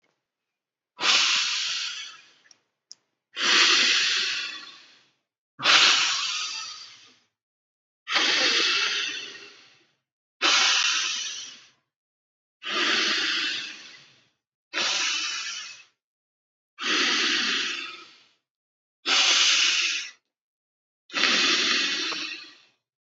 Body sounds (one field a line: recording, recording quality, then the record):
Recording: deep breathing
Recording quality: excellent, no background noise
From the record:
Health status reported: recovered from COVID-19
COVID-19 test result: positive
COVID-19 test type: RT-PCR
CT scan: not taken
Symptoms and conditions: cough, another respiratory illness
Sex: male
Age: 53 years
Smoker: no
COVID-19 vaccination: both doses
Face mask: not worn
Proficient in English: yes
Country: India